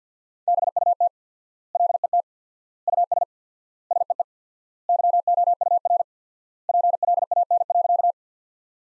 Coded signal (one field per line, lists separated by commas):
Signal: Morse code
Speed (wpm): 48 wpm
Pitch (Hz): 700 Hz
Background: none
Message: BUT LET US SEE YOUR PLAN.